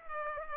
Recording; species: mosquito wingbeat signal from an infrared sensor; Culex pipiens